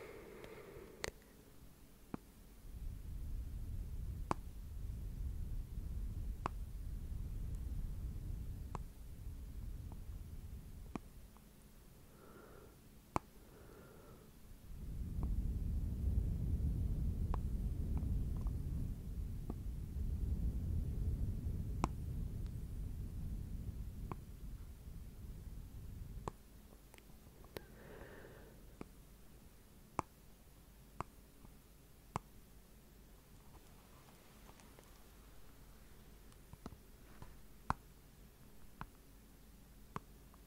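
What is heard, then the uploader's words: Sparse, sharp taps at irregular intervals over a low rumbling murmur that swells loudest around 15 to 26 seconds, with soft breaths. ASMR Slow Rhythmic Tapping & Breathing - no talking.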